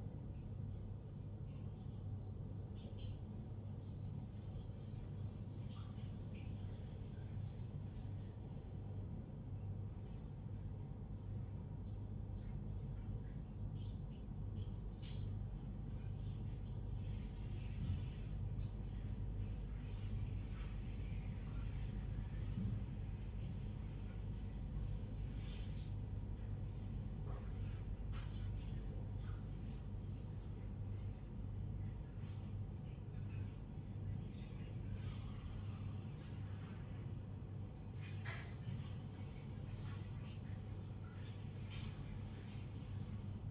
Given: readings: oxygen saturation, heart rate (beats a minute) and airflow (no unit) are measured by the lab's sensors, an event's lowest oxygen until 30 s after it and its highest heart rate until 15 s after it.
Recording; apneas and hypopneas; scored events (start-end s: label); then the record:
a person awake in a sleep study, by a smartphone at the bedside; none
none scored
From the record:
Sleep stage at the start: awake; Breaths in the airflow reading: 17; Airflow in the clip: -0.6 to 0.6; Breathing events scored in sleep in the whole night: 158 in 7.3 hours asleep